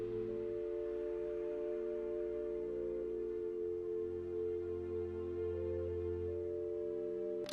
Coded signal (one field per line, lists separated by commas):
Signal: telephone call progress tone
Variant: North America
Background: music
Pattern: dial tone